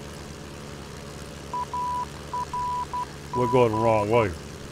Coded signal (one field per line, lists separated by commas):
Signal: Morse code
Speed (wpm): 12 wpm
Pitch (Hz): 990 Hz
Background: speech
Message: ARG